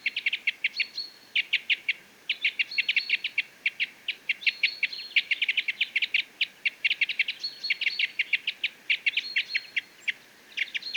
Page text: Jelmer Poelstra - Клёст-сосновик (Loxia pytyopsittacus)